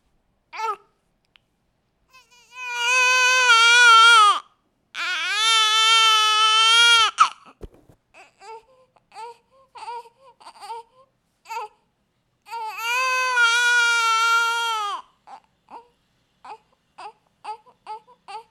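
Three long, strained wails of a baby girl's cry, each lasting about two seconds, with a steady high pitch around 500 Hz. Short gasping breaths and whimpers fall between them.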